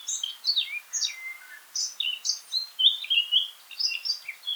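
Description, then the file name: Eurasian blackcap song, continuous lively warbling with descending whistles, delivered in quick bursts throughout. "Sylvia atricapilla"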